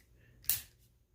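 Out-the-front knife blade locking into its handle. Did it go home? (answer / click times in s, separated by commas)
yes / 0.4 s, 0.5 s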